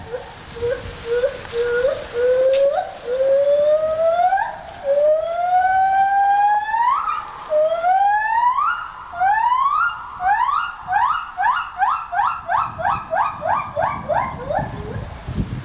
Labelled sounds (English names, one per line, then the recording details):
Silvery Javan Gibbon
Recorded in captivity
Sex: pair
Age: adult
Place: Zoo Berlin, Berlin, DE
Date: 1984-03-02 12:18
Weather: 5°C, sonnig
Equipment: Sony TCM-7, Mikrofon Olympus Mi-7, Kopie Uher 4000 Report Monitor
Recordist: Tembrock, Günter